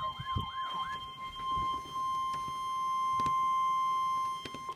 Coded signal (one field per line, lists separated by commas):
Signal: Emergency Alert System (SAME) tones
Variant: 1050 Hz attention tone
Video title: NOAA - RWTs (EAS #1,332-1,333)